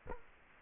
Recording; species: mosquito wingbeat signal from an infrared sensor; Culex quinquefasciatus